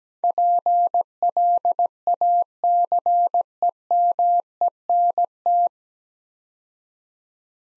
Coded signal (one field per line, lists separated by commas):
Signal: Morse code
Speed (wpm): 17 wpm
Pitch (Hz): 700 Hz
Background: none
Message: PLACEMENT